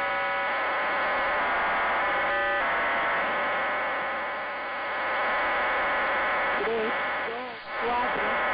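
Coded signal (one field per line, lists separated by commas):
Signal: numbers station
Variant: HM01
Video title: 07 01 2022 Cuban Spy Number HM01 in Spanish 0602 on 10345 Bejucal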